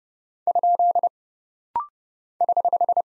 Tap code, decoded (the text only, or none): none